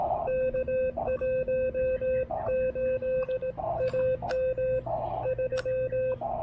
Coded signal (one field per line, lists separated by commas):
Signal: Morse code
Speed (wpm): 18 wpm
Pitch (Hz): 520 Hz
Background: radio noise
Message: K18 AM 3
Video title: POTA: Reunited with the venerable Elecraft K1 at Hawk's Nest State Park!